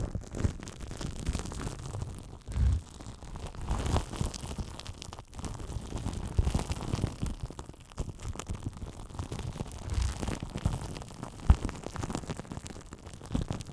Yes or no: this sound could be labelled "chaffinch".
no